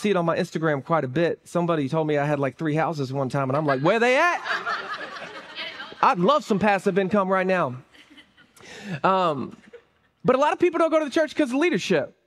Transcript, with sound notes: I see it on my Instagram quite a bit. Somebody told me I had like three houses one time, and I'm like, "Where they at? [laughter] I'd love some passive income right now. Um, but a lot of people don't go to the church because of leadership.